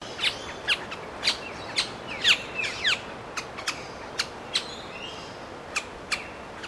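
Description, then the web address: Figbird calls: a series of clear, downslurred chirps, then sparser sharp notes toward the end, over faint background hiss. "Sound Effects-Foundation 1 BIRD FIG BIRD CALL"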